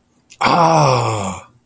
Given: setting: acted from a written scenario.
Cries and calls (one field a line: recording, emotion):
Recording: vocal sound without words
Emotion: realization